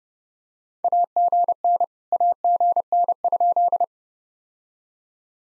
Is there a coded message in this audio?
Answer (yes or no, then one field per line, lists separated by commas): yes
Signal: Morse code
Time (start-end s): 0.8-3.8 s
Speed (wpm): 28 wpm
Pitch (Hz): 700 Hz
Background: none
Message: AGN AGN?